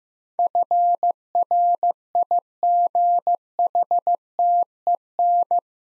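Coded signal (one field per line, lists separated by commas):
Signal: Morse code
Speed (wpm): 15 wpm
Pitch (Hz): 700 Hz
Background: none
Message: FRIGHTEN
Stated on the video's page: Morse practice drill of 8-letter words at 15 wpm; each word sent twice for head-copy.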